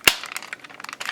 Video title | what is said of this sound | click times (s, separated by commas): Transformers Generations Devastator Toy Review | like that nice satisfying click | 0.1 s